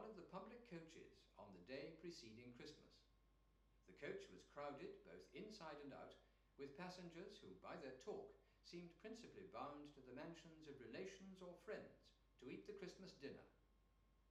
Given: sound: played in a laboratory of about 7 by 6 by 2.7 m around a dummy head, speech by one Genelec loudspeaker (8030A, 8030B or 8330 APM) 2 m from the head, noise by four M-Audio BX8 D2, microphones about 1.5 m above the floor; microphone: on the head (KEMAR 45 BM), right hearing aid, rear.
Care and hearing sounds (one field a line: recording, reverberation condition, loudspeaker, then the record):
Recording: male speech in English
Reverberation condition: medium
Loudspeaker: 60 degrees to the right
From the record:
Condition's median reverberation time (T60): about 510 ms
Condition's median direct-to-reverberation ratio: about -0.5 dB